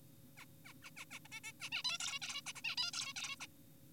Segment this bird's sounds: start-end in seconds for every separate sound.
0.38-0.45, 0.65-0.73, 0.83-0.90, 0.97-1.05, 1.11-1.19, 1.25-1.28, 1.32-1.40, 1.44-1.52, 1.60-1.69, 1.72-1.83, 1.85-1.98, 2.00-2.20, 2.22-2.42, 2.46-2.53, 2.56-2.61, 2.65-2.76, 2.78-2.91, 2.94-3.14, 3.16-3.36, 3.40-3.47